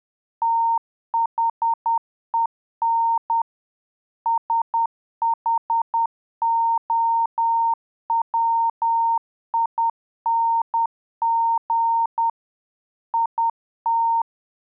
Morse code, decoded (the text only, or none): THEN SHOWING IT